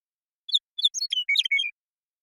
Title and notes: Western Meadowlark, Sturnella neglecta, song, contact calls, and flush, isolated and processed from original, natural pace and rhythm maintained, family: Troupials and Allies Recorded in the beautiful Pacific Northwest in Washington, United States